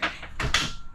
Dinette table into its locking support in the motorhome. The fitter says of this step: there you go there we go locked into place